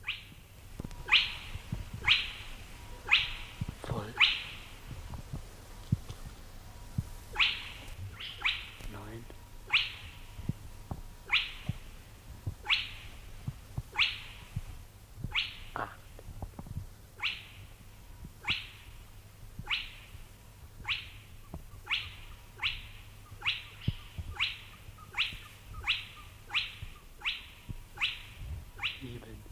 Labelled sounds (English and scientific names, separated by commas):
Spotted Crake (Porzana porzana)